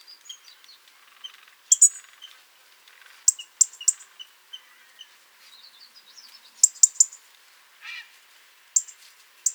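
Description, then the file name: European robin calling with scattered high, sharp ticks and brief clusters, mixed with soft thin whistled notes and another short lower chirp. "Erithacus rubecula"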